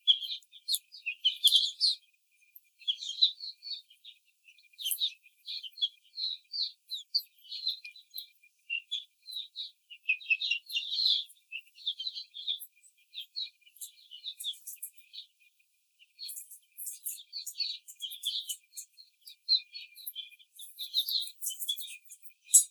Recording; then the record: young laying hens in a cage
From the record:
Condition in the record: treatment cage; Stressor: simulated dog barking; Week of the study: 5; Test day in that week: 1